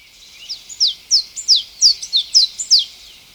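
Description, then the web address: Blue-and-yellow Tanager calls: a quick run of high, thin, downslurred squeaky notes with uneven spacing. Recorded in Ecuador; part of a South American bird sound collection. "Natures Songs S America Birds of Ecuador 4-12 Blue-And-Yellow Tanager"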